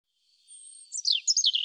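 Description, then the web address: European robin song beginning with soft thin drawn-out whistles, then bursting into a quick cascade of bright, sharp, descending twitters. "cianscape birddata Deverinetal Bird Er Ru"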